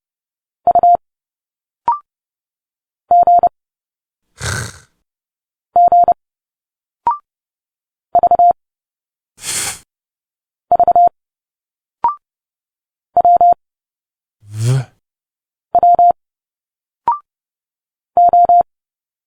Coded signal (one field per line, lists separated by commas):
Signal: Morse code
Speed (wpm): 30 wpm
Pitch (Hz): 700 Hz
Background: none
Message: U G G V V W W O